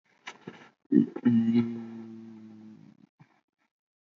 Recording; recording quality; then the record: sustained vowel as in beet; moderate, slight background noise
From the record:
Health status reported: healthy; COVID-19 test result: negative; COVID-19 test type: RT-PCR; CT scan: taken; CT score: 5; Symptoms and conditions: cough, cold, sore throat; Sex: male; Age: 21 years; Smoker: yes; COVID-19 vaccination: both doses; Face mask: not worn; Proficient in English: yes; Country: India